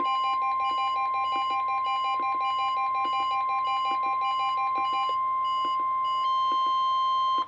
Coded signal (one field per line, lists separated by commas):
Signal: Emergency Alert System (SAME) tones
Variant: 1050 Hz attention tone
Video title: EAS #51: Weekly Test 13 | KHB36